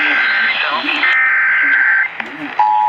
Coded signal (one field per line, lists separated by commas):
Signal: Emergency Alert System (SAME) tones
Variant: header bursts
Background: speech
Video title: THEN A RISK OF TEXAS EAS#400!!! EAS Alerts from 6/23/23 (EAS#375 & 401)